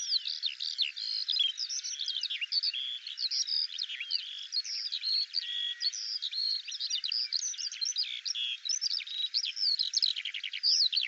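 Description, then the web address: Eurasian skylark song: a ceaseless, hurried babble of thin whistles, buzzy chirps and quick slurs, all high and densely packed. "Deverinetal 2025 File cleaned normalized Bird Al Ar"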